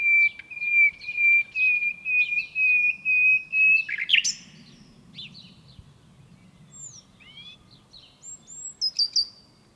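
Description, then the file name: Common nightingale song opening with a long series of repeated even whistled notes, then a harsh burst and scattered sweeping chirps with quieter gaps. "Luscinia megarhynchos"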